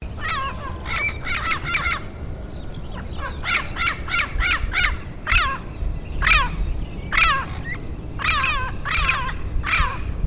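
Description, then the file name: Turquoise-fronted amazon giving harsh, grating squawks, some in quick clusters, others single and spaced, over a steady low rumble of background noise. "amazona aestiva"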